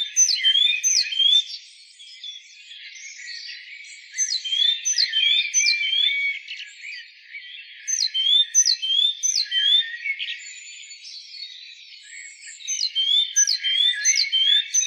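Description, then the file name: Great tit calls: bursts of sharp descending sweeps mixed with rising whistled notes, delivered in quick runs separated by quieter stretches of soft chatter. "Parus major"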